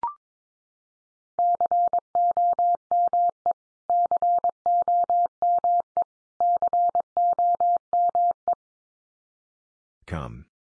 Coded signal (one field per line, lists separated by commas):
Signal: Morse code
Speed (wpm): 22 wpm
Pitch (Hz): 700 Hz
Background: none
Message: COME COME COME